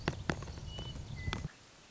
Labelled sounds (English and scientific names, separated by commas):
Western Meadowlark (Sturnella neglecta)